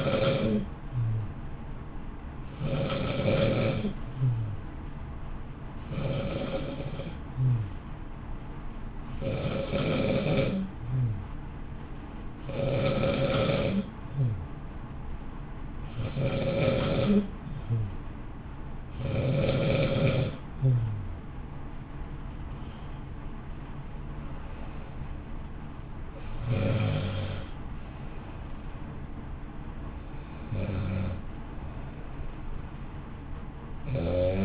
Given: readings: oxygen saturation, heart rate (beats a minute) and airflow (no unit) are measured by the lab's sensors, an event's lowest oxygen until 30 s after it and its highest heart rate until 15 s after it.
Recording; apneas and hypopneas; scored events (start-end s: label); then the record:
breathing in sleep by a smartphone at the bedside; 1
9.00-26.30 s: hypopnea (N2, oxygen 93% highest, then 92% lowest, heart rate 56 at the start, 60 highest)
From the record:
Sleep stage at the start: N2 (light sleep); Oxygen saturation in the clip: 92 to 93%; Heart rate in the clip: 55 to 60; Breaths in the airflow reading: 12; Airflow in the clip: -0.8 to 0.9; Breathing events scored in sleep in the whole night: 328 in 6.3 hours asleep